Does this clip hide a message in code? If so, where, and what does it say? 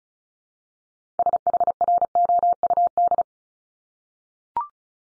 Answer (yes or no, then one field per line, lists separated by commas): yes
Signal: Morse code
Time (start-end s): 1.2-3.2 s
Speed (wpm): 36 wpm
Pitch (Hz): 700 Hz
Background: none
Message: SHROUD